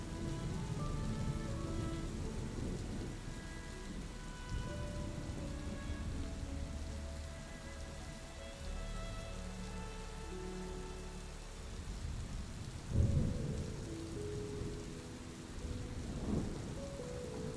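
Steady rain hisses over a low rolling thunder rumble, with soft sustained music notes drifting above and a louder thunder swell near thirteen seconds.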